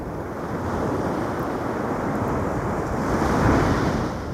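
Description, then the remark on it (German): Wind and waves at sea at night make a steady, full rushing roar with no voices, swelling slightly louder toward the end before easing back as the wind dies down. “Ich glaube, es flaut ab”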